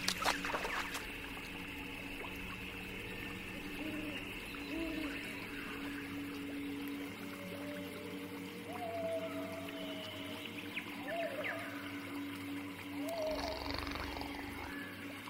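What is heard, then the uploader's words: An alien forest ambience built from a steady low drone with a continuous hum beneath it. Short sliding, whale-like calls rise and fall every second or two, with faint trickling and a few sharp clicks near the start. Alien forest ASMR ambience. Sci-fi drone ambience.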